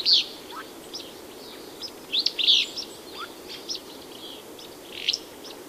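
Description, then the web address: Willow Flycatcher giving short, sharp high chirps, irregularly spaced with pauses, some notes trailing downward, over a faint steady background hiss. "Songs of Birds of North America Know Your Bird Sounds Common Western Species. Willow Flycatcher"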